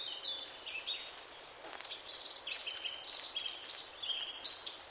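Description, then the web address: Eurasian blackcap song, a rapid run of high, varied chirps and warbled notes lasting the whole stretch, with a faint steady background hiss. "SETE data Sylvia atricapilla"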